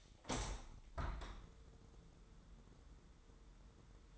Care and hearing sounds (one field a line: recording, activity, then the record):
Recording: daily activity, microphone in the room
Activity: open window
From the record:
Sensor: 3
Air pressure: 999.9 hPa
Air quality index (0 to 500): 224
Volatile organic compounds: 91 ppm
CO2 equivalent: 3692 ppm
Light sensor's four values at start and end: 9/22/9/9 and 10/23/9/9